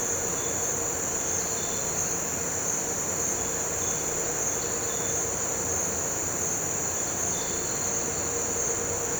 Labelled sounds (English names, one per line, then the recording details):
none
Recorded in pastures near Puerto Asís, Putumayo, Colombia, on 4 March 2025 at 07:30
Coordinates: 0.466, -76.322
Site CSA-02